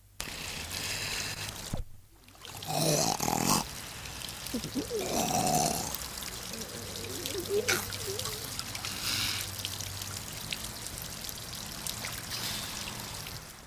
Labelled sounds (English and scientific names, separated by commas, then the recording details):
Grey Seal (Halichoerus grypus)
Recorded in captivity
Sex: diverse
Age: adult
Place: Zoo Rostock, Mecklenburg-Vorpommern, DE
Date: 1984-02-04 17:35
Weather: overcast, 3-6°C
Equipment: Nagra SN, Kopie Uher 4000 Report Monitor
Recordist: Tembrock, Günter